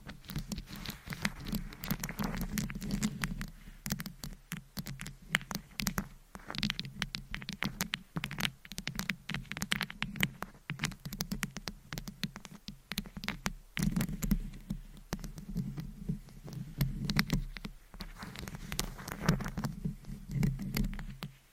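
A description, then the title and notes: Mic scratching in dense, rapid bursts of rough friction, with a low throbbing rumble underneath and sharp crackles throughout. ASMR Mic Scratching - Brain Scratching on 10 Different Mics. No Talking.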